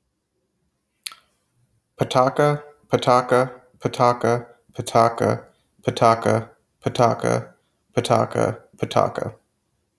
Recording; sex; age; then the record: repeated syllables /pa ta ka/; male; 30 to 39 years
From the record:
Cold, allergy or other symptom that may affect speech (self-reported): no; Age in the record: 31 years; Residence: Arkansas, United States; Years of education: 16